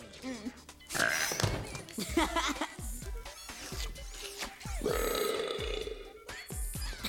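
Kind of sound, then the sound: human body sound, burp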